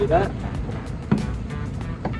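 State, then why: Seated. A plastic fender liner edge is pressed onto the slit in the rear bumper cover of a 2020 Toyota Corolla SE. It snaps on with a sharp click at 1.1 s, showing the liner is attaching to the bumper. Someone talks at the start, and a few fainter knocks follow near 1.8 s and 2.0 s.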